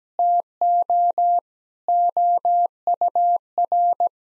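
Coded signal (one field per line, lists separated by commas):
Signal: Morse code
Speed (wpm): 17 wpm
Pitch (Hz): 700 Hz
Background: none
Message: TO OUR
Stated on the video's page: Morse practice sentences of common nine-word phrases at 17wpm for head-copy drill, each sent twice.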